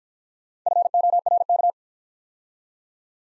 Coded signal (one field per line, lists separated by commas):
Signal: Morse code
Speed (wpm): 50 wpm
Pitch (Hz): 700 Hz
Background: none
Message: FORK